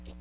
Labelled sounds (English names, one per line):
Magnolia Warbler flight call